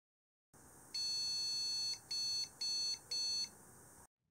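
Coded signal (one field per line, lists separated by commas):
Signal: beep code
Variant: PC BIOS POST beeps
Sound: one long electronic beep followed by three short beeps, over steady hiss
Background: fan noise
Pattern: 1 long, 3 short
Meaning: Video card error reported by the BIOS at power-on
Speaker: ok at least we are getting the same video card error beeps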